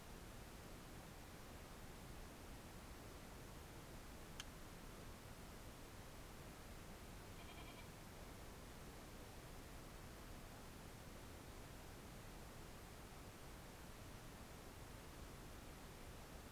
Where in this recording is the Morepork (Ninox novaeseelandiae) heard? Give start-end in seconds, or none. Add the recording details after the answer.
none. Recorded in New Zealand on 4 June 2017. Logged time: 21:16. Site Taranaki